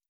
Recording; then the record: hydrophone in a shrimp aquaculture tank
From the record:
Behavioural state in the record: stressed